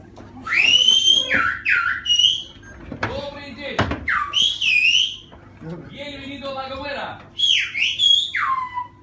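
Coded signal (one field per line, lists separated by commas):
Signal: whistled language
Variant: Silbo Gomero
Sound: loud gliding whistles rising and falling in pitch, phrased like speech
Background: room noise, low hum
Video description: This is a special way of talking through the whistle that has been used for thousands of years on the island of Homer. This language reproduces through the whistle the Spanish language spoken by the inhabitants of the island.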